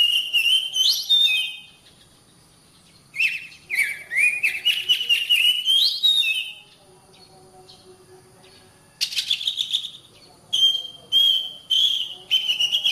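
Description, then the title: Oriental magpie-robin giving bursts of whistled and scratchy notes, a rising trill and buzzy chatter, separated by silent pauses. Indonesian name kacer; described as a master bird singing gacor, meaning actively and continuously. "Suara Kacer Master - Suara Kacer Gacor Mantab"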